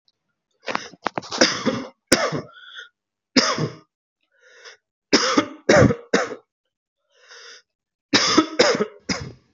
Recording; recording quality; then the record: heavy voluntary cough; excellent, no background noise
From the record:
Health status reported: healthy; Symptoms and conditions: none ticked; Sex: male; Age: 30 years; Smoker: not ticked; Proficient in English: yes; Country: India